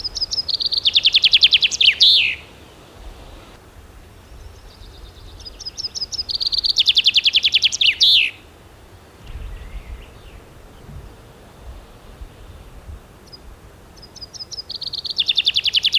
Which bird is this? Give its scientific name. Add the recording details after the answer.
Fringilla coelebs. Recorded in the wild. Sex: male. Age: adult. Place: Schloß Holte-Stukenbrock, Senne, Nordrhein-Westfalen, DE. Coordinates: 51.8672, 8.66167. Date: 1973-06-10. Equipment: Uher 4200 Report Stereo, Bändchenmikro Beyer M 260, Parabolspiegel Polyester (600 mm). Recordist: Conrads, Klaus